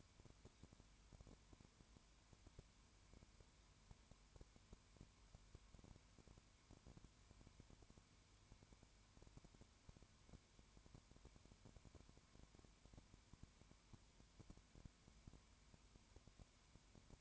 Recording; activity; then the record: daily activity, microphone in the room; no activity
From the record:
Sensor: 2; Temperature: 20.0 degrees Celsius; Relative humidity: 32.0%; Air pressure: 1001.1 hPa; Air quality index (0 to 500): 55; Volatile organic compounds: 1 ppm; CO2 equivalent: 602 ppm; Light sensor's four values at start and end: 2/3/2/2 and 2/3/2/2